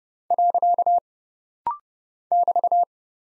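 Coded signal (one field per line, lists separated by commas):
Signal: Morse code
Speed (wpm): 30 wpm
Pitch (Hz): 700 Hz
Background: none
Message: . <BT>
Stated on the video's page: Rapid-fire 30 wpm practice drill of punctuation and prosign characters for head-copy, each sent, spoken, then sent again.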